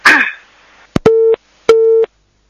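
A caller's telephone line drops with a brief rustle and sharp clicks, then a busy tone follows: two steady, mid-pitched beeps of equal length separated by a short silence, loud and on their own.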